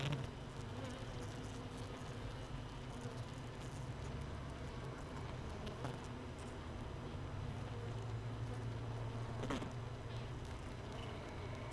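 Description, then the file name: Honey bees buzzing inside a hive, a continuous deep hum with a brief brighter drone late on and occasional soft clicks. Honey bee hive without a queen, hive 1, 31 May 2018. "Hive 1 31 05 2018 NO Queen Bee"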